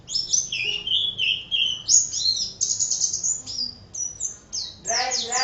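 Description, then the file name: White-eye song: high, thin twittering notes slurring up and down in a continuous run, ending in a harsher buzzy burst. Ngalas style song, described as excited song. "suara burung pleci ngalas omkicaudotcom"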